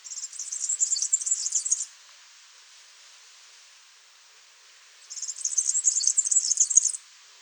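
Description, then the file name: Firecrest singing two very high-pitched runs of sibilant notes, about three seconds apart, over soft steady background noise. "brandkronad"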